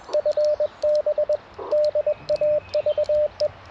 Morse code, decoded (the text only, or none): FB DAVE